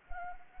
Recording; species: mosquito wingbeat signal from an infrared sensor; Anopheles arabiensis